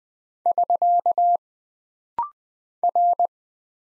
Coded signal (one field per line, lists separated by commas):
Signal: Morse code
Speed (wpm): 20 wpm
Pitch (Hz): 700 Hz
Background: none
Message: <SK> R